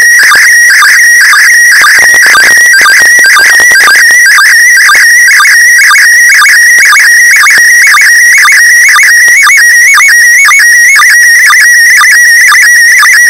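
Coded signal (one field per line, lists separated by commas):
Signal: SSTV (slow-scan television)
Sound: continuous warbling whistle around 2 kHz with rhythmic low chirps about twice a second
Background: radio static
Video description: Slow Scan Television (#SSTV) image transmitted from #ISS the International Space Station.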